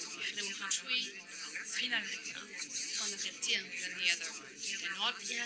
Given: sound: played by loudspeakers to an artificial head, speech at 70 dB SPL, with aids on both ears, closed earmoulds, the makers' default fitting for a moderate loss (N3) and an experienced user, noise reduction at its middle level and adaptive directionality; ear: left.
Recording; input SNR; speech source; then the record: speech test signal (ISTS) in cocktail-party noise; -6 dB; in front (0 degrees)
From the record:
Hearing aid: class 1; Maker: J